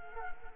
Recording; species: mosquito wingbeat signal from an infrared sensor; Culex quinquefasciatus